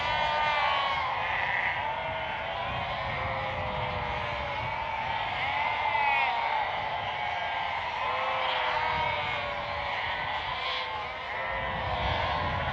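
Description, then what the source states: Sheep calling in a large flock, many wavering bleats overlapping steadily, a few slurred cries standing out above the continuous chorus. Sheep bleating at a prairie.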